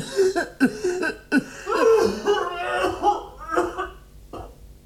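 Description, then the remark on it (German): Several sharp, irregular coughs burst out, interspersed with strained, voiced throaty sounds, ending with one last cough after a short pause. “Ich huste ebenfalls und werfe ängstliche Blicke. Hustete hier wer? Ich tat es, Gnäher.”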